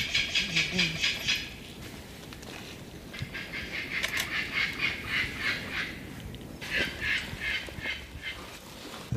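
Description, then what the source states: Kākā calling in rapid bursts of harsh, grating notes, pausing between runs, over a rough background hiss. Kākā, described as the kākāpō's cousins, heard up in the trees at dusk on Whenua Hou during the release of hand-reared kākāpō chicks.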